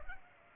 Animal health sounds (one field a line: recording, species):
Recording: mosquito wingbeat signal from an infrared sensor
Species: Culex pipiens